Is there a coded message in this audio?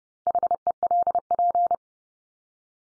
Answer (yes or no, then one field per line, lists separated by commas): yes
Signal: Morse code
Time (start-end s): 0.3-1.8 s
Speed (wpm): 30 wpm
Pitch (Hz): 700 Hz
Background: none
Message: HELP